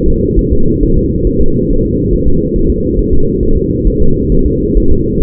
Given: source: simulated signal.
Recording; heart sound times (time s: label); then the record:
fetal heart sounds
0.08 s: S2
0.39 s: S1
0.53 s: S2
0.83 s: S1
0.97 s: S2
1.27 s: S1
1.41 s: S2
1.71 s: S1
1.85 s: S2
2.13 s: S1
2.28 s: S2
2.56 s: S1
2.70 s: S2
2.99 s: S1
3.13 s: S2
3.43 s: S1
3.57 s: S2
3.88 s: S1
4.02 s: S2
4.32 s: S1
4.46 s: S2
4.78 s: S1
4.92 s: S2
5.22 s: S1
From the record:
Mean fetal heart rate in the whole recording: 135 bpm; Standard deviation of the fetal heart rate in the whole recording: 3 bpm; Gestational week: 36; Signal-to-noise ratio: -19.1 dB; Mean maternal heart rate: 72 bpm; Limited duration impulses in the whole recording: present